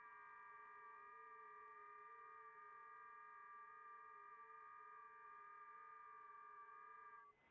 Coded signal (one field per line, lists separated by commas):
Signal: FT8